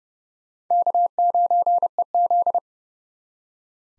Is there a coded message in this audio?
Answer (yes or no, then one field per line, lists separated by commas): yes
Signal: Morse code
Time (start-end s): 0.7-2.6 s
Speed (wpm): 30 wpm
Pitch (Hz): 700 Hz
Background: none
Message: K9EZ